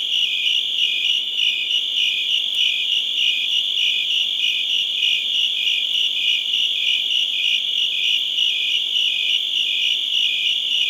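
Crickets chirping steadily in high regular pulses, unbroken for the whole stretch.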